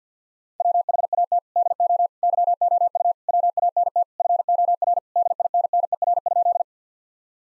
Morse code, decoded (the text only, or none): WHAT DO YOU WANT FOR DINNER?